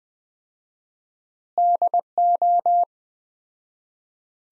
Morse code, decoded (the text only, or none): DO